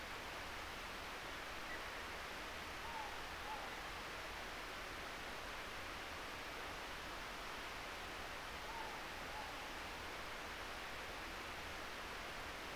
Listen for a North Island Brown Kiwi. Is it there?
no